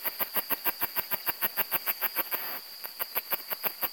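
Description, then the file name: Macedonian cicada song made of sharp buzzy pulses in a rapid, regular train, with a brief break near the middle before the pulsing resumes. "macedonica"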